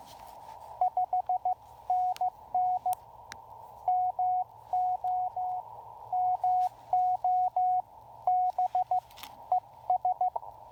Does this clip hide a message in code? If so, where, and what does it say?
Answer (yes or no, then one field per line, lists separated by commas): yes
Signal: Morse code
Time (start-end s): 0.8-10.3 s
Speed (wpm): 16 wpm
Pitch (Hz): 690 Hz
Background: none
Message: 5NN MO MO B ES